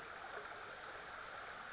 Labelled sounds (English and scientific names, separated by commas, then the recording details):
Western Flycatcher (Empidonax difficilis)
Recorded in Sonoma County, California